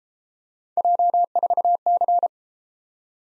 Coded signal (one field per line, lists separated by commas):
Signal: Morse code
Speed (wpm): 31 wpm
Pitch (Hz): 700 Hz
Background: none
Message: J4C